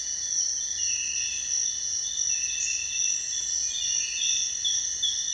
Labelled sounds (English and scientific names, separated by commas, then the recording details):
none
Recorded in dense forest near Puerto Asís, Putumayo, Colombia, on 22 June 2025 at 04:30
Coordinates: 0.468, -76.322
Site GP03